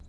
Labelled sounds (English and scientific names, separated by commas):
Lucy's Warbler (Leiothlypis luciae) flight call